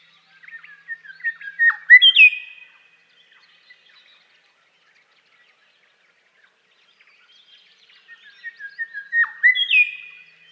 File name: Grey Shrikethrush Colluricincla harmonica